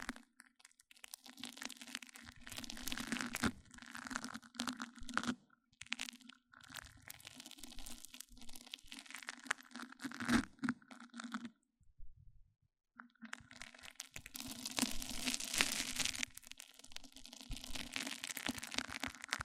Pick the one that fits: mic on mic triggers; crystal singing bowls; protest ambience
mic on mic triggers